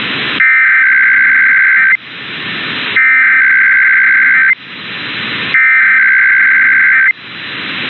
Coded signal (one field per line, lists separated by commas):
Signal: Emergency Alert System (SAME) tones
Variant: header bursts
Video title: EAS #134-135 - IPAWS Weekly Tests (2/12/24)